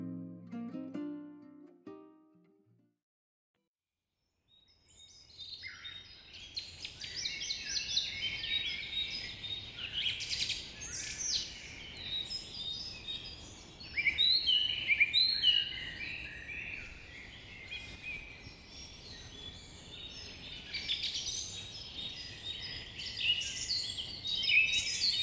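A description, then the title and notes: Birds sing in a forest, a dense overlapping chorus of bright chirps and trills that fills most of the clip after about five seconds. Before that, a short low tonal sound fades into a few seconds of near silence. A soft, steady rumble sits underneath the birdsong. Forrest Birds Singing.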